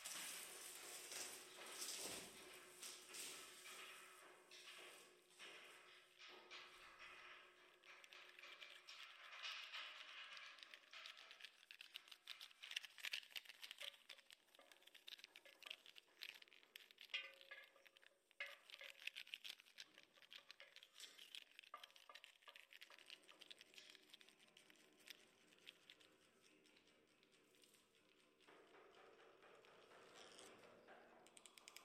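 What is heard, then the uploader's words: A sculpture is being unwrapped: dense, crinkling rustles of wrapping material fill the whole stretch, with frequent sharp crackles and small taps. The sound is bright and close, swelling and easing irregularly, with a few quieter pauses near the middle and end. Binaural recording. With a sculpture by Emmerich Weissenberger, commissioned by Martin Essl. Unwrapping of the sculpture.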